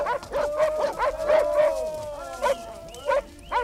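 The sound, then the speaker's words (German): Hunting dogs let out a rapid series of high, tonal yips and whimpers as hunters carry a captured wolf on a horse to the gathering place, some rising and falling in pitch, with a few sharper bark-like bursts toward the end, all fairly loud and continuous. “Glück und Erschöpfung in den Mienen hoben die Jäger den alten Wolf, den sie gefangen und gefesselt hatten, auf ein Pferd und brachten ihn so von den winselnden Hunden begleitet zum Sammelplatz.”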